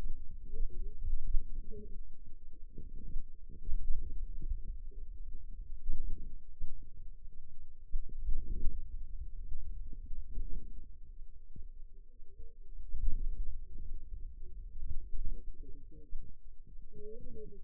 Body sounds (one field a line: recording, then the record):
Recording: forearm muscle sounds (acoustic myography)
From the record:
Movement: finger pinch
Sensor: system 2, bracelet of six BSWA MPA416 microphones around the upper forearm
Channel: 2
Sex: female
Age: 21 years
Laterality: right